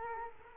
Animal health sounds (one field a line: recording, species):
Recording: mosquito wingbeat signal from an infrared sensor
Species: Culex quinquefasciatus